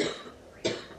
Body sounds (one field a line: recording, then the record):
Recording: coughing mixed with background sound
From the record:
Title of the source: female coughing - coughing sound effects girl